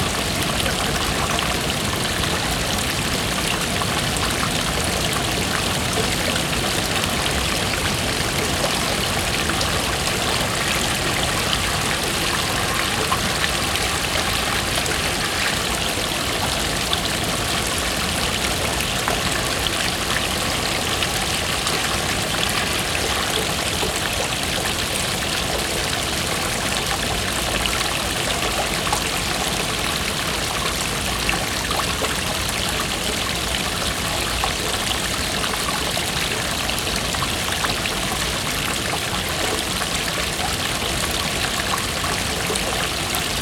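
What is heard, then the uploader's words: River water flows steadily along the bank in Odense, a dense, even trickling rush with no pauses or changes throughout. Sounds along the river in Odense, Denmark.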